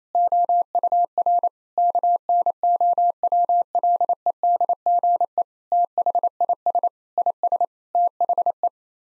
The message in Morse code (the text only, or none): OUR KNOWLEDGE THIS IS THE